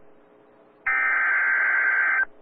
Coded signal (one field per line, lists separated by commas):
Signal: Emergency Alert System (SAME) tones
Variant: header bursts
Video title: SVR EAS 261